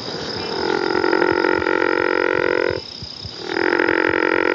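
Frog croaking in a long, buzzy, pulsed drone that breaks off briefly, then resumes just as strongly, over steady background hiss.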